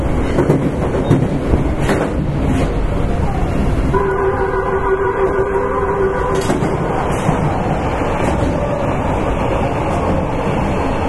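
Inside a Kita-Osaka Kyuko 9000 series subway train, a dense, steady roar of running noise fills the whole clip with some rattling. From about four to six and a half seconds a clear, even tone sits above the rumble, then fades out.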